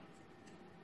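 Small plastic clips of a carp bite alarm are handled as they are pushed into the detector housing behind its rubber protection, to show the small click they make as they engage. Only a steady, even broadband hiss is heard, with no distinct transients. Nothing has seated or clicked yet.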